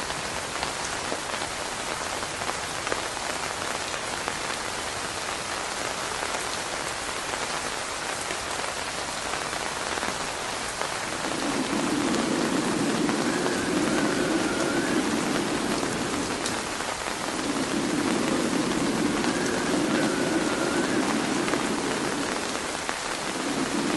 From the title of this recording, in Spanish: Sonido de lluvia, truenos y viento